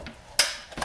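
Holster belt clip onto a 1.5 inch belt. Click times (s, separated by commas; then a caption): 0.4 s. An adjustable EMG belt clip on a holster is pushed onto a one-and-a-half-inch everyday belt, with a faint tap near 0.1 s. It snaps in with a sharp, solid click at 0.4 s, followed by a softer knock around 0.8 s. The clip is seated properly on the belt.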